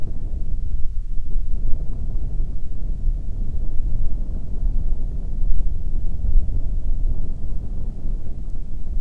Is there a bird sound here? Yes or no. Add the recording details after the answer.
no. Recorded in the Arctic National Wildlife Refuge, Alaska, on 1 June 2019 at 16:34. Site 37